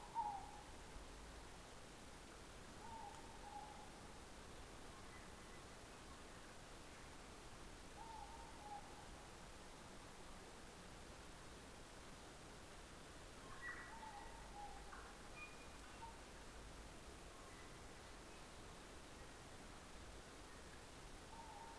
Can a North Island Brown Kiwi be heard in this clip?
no